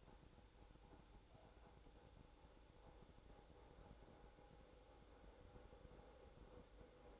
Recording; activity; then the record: daily activity, microphone in the room; make coffee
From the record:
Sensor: 3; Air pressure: 1007.3 hPa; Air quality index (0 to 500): 59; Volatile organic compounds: 1 ppm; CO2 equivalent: 606 ppm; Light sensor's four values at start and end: 8/18/7/7 and 8/18/7/7